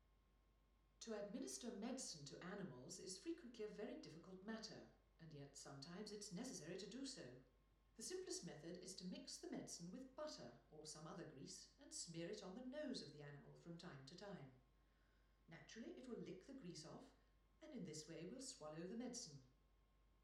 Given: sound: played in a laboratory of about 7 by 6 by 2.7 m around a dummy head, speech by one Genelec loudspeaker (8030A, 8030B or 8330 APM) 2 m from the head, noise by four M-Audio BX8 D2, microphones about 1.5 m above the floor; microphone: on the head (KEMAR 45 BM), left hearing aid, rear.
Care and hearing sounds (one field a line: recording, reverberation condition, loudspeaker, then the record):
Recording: female speech in English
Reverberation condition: medium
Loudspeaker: behind (180 degrees)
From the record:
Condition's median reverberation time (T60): about 510 ms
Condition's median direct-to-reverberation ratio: about -0.5 dB